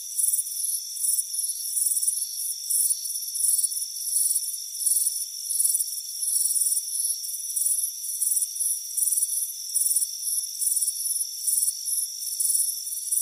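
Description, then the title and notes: Crickets chirping quickly, high pulsed notes repeating several times a second with little pause, over a constant shrill background buzz. Crickets chirping on a warm afternoon, heard from a front porch. "Soothing Crickets Chirping Sound. It's a warm afternoon as you relax in a hammock on the front porch. Relax and fall asleep to the soothing sound of chirping crickets"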